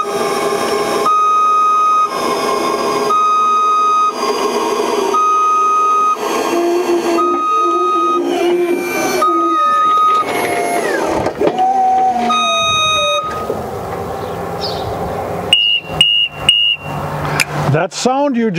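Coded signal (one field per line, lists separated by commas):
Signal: beep code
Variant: JLG aerial lift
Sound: long steady beeps repeating for 13 seconds, then three short higher-pitched beeps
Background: machine motor noise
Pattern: 3 short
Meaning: The machine is level and ready to operate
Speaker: So that sound you just heard--those three beeps--tells you that the machine is level, and it's ready to operate at that point.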